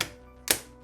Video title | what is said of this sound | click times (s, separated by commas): RYDEEN Mirror Dash Cam Direct Mount Conversion (Tombo 360X & 360 View) | not only did we heard the click confirming the adapter has locked in place | 0.0 s, 0.5 s